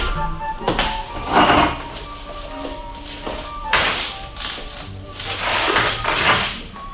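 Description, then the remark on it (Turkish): Metallic clanking and jangling come in several uneven bursts, like heavy chains being shaken and dragged, with a ringing metal tone lingering between the louder rattles. “Aman Allah'ım, o ne? Ürperiyorum Claren. Zincir şakırtısı.”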